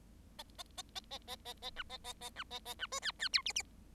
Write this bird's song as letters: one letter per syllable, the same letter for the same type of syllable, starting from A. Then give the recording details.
A A A A A A A A B A A A B A A B C D D E F F. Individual Bird7